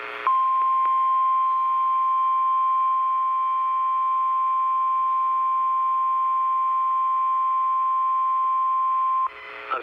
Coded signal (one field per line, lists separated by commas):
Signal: Emergency Alert System (SAME) tones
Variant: 1050 Hz attention tone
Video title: Severe Thunderstorm Warning (7/3/19, EAS #44)